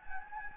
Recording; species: mosquito wingbeat signal from an infrared sensor; Anopheles gambiae